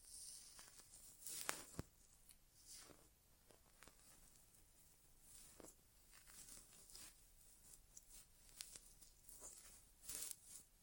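Inner ear exam sounds with soft scratchy rustles and crisp brushing taps, the strongest bursts near 1.5, 3, 8.5 and 10 seconds.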